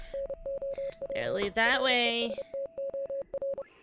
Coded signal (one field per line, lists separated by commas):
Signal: Morse code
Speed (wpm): 30 wpm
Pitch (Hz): 550 Hz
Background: speech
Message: NOW RESTOR